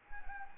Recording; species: mosquito wingbeat signal from an infrared sensor; Anopheles gambiae